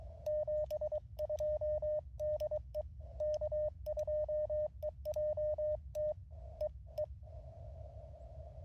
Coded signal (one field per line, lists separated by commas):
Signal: Morse code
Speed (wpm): 22 wpm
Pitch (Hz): 610 Hz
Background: radio noise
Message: 72 DE K2EJT EE